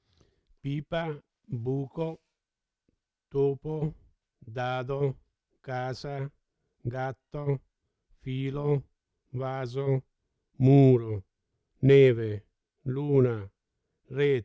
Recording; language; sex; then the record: read list of words; Italian; male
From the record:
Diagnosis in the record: Parkinson's disease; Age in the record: 70 years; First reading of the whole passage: 68 s, 7.6 characters per second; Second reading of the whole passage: 61 s, 8.4 characters per second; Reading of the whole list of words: 64 s, 4.4 characters per second